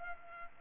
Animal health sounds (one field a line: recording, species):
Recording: mosquito wingbeat signal from an infrared sensor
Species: Culex pipiens